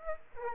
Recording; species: mosquito wingbeat signal from an infrared sensor; Aedes aegypti